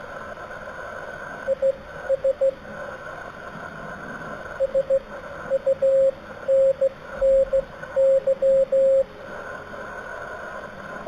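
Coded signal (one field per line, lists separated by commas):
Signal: Morse code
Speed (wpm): 16 wpm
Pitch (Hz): 540 Hz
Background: radio noise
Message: IS SUNNY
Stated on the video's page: Slow-speed QRS contact with a station 482 km away.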